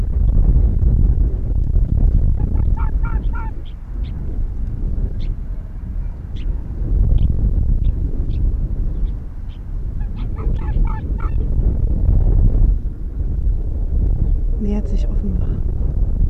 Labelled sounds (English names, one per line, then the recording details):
Arctic Fox
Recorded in the wild
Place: Insel Mednyi, Kommandeur-Inseln, RU
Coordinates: 54.5167, 168.083
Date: 1999-06-23 17:50
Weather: 6°C, bewölkt, Westwind
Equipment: Sony WM-D6C, Sennheiser ME 80, K 30 AV, Windkorb, Kopie Sony TCD-D8
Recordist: Jakupi, Antje